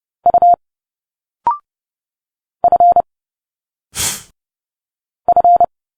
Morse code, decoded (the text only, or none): U F F